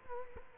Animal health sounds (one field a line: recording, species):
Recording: mosquito wingbeat signal from an infrared sensor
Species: Culex quinquefasciatus